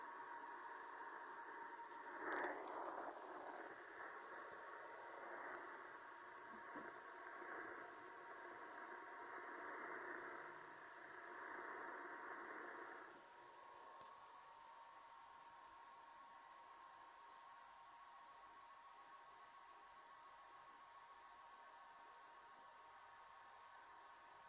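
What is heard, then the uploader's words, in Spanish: A NavTex maritime transmission comes in over a radio as a dense, buzzing data signal set in a band of hiss, with steady tones running through it. Around fourteen seconds the burst drops away, leaving a fainter hum and steady static. Recibiendo transmisión marítima NavTex con Tecsun PL-880 y FLDigi en 519 kHz LSB (LW) desde Mar del Plata (Argentina).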